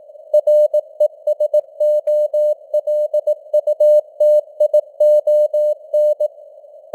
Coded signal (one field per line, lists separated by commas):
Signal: Morse code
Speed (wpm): 18 wpm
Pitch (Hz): 600 Hz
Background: none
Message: RESOLUTION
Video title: Morse Code News | 2025-11-12 | 18wpm